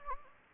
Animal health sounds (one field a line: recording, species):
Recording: mosquito wingbeat signal from an infrared sensor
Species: Anopheles gambiae